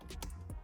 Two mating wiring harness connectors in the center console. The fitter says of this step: a nice little click here and we're going to make sure that these guys sit